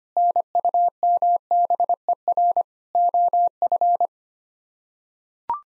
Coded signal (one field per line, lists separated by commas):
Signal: Morse code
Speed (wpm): 25 wpm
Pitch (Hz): 700 Hz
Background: none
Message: NUMBER OF